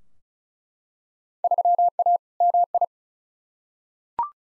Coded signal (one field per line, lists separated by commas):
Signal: Morse code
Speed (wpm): 36 wpm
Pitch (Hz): 700 Hz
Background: none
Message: 3A MI